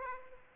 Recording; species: mosquito wingbeat signal from an infrared sensor; Aedes aegypti